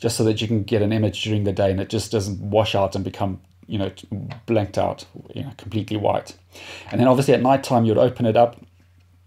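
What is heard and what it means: Someone talks while handling the hinged day-filter cover over the objective lens of WildGamePlus WG500B night vision binoculars, a cover that cuts incoming light so the daytime image does not wash out white. The cover has not yet locked onto its small receptor on the body; nothing has seated or clicked yet.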